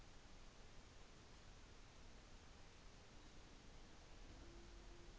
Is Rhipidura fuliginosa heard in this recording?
no